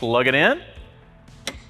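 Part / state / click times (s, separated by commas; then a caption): AC charging connector into electric car charge inlet / seated / 1.5 s. A person talks briefly, then during a pause an AC charging connector is pushed into the charge port on the driver's side of a 2025 Porsche Macan Electric. A sharp click at 1.5 s signals the plug has latched and seated in the port.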